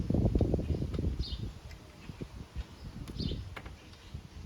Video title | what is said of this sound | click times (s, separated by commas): GM Minivan Radiator Replacement Part 1 (see description for vans covered) | These go like this, and they snap in like this. | 0.4 s, 0.5 s